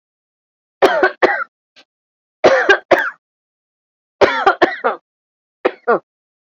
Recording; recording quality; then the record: heavy voluntary cough; excellent, no background noise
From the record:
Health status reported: recovered from COVID-19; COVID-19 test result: positive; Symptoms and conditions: none ticked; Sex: female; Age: 50 years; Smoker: not ticked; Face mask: worn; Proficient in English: yes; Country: India